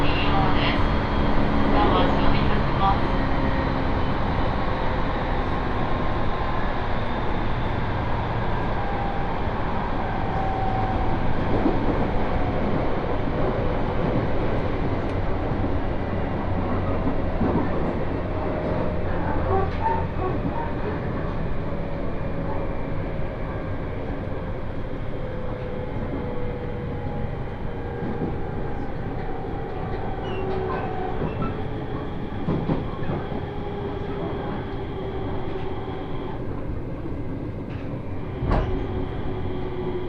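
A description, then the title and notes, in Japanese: A train ride on the Tohoku Main Line, heading down from Kitakami toward Morioka. A steady, dense rumble of wheels and motor fills the whole time, with a rising and falling whine gliding slowly lower and occasional clacks over rail joints, one sharper knock near the end. 東北本線下り 北上→盛岡。701系4両編成。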